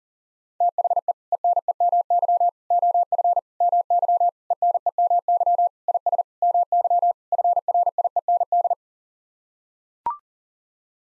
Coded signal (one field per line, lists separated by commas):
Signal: Morse code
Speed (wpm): 40 wpm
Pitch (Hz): 700 Hz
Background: none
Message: THE ENEMY OF MY ENEMY IS MY FRIEND